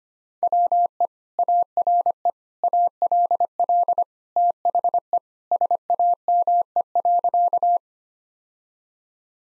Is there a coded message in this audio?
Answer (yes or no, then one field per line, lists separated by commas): yes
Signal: Morse code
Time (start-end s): 0.4-7.8 s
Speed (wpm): 25 wpm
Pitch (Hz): 700 Hz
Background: none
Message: WE ARE ALL THE SAME.